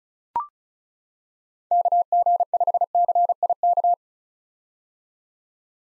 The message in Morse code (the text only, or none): KG5CIK